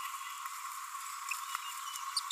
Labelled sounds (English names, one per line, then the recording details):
Green-rumped Parrotlet babbling
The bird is a female
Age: 29 days
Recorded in a nest box in Venezuela
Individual 17B42A4